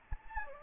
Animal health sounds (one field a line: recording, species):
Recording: mosquito wingbeat signal from an infrared sensor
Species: Anopheles gambiae